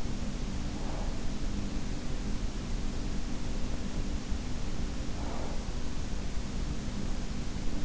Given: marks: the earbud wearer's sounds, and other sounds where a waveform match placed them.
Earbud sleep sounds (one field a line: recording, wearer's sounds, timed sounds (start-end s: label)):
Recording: sounds in sleep by an in-ear microphone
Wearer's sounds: breath, teeth grinding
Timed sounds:
0.59-2.34 s: breath
4.91-5.72 s: breath
5.44-5.60 s: teeth grinding